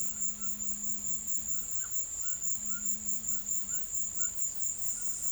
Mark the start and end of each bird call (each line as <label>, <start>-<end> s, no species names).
bird call, 0.00-0.52 s
bird call, 1.61-4.29 s